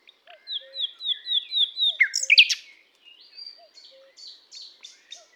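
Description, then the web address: Common nightingale beginning with a slow series of plaintive whistled notes, then a sharp flourish and softer chirps; faint low whistles sound now and then. "SETE data Luscinia megarhynchos"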